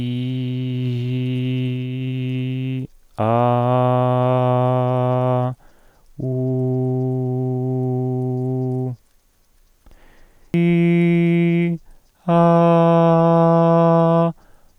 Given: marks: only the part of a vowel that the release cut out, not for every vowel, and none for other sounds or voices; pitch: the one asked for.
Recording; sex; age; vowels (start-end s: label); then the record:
sustained vowels; male; 20 to 29 years
0.00-1.76 s: vowel /i/, normal pitch
3.36-5.31 s: vowel /a/, normal pitch
7.74-8.84 s: vowel /u/, normal pitch
10.57-11.62 s: vowel /i/, high pitch
12.44-14.04 s: vowel /a/, high pitch
From the record:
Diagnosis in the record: hyperfunctional dysphonia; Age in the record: 28 years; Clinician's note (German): Tendenz zur hyperfunktionellen Dysphonie; ev. auch inkomplette Mutatio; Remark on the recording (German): Im NSP-Signal sind Hintergrundgeräusche zu vernehmen.